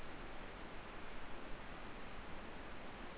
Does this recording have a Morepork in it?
no